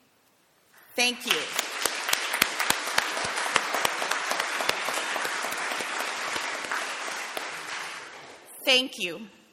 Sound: audience applauding